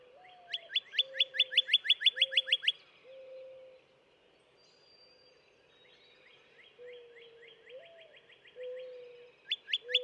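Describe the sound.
Northern cardinal singing a fast run of clear, down-slurred whistled notes, then a quieter slower series, then a loud rapid burst again; repeated low steady tones sound underneath.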